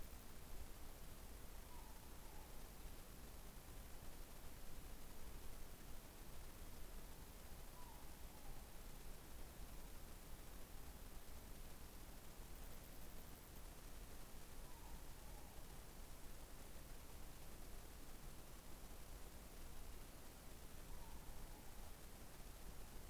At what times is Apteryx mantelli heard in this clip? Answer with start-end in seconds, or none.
none